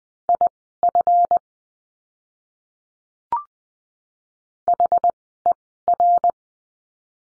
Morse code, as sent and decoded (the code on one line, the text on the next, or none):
.. ..-. / .... . .-.
IF HER